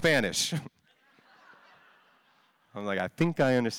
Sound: laughter